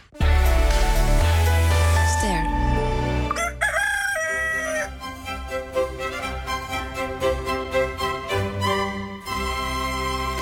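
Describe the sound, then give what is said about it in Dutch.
A rooster crows loudly, a long harmonic cock-a-doodle-doo with rising and falling pitch, followed by more crowing and clucking that trails on steadily with no voices. “Wakker gekraaid, u bent weer terug bij Vroege Vogels.”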